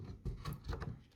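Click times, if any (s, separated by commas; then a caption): none. A RAM module is handled at a motherboard DIMM slot during an AMD Ryzen R5 3600 computer build, with soft low knocks and rustling handling noises around 0.25, 0.5 and 0.7–0.9 seconds. Nothing has seated or clicked yet; the clip ends before the module goes home and the retention clamp snaps shut.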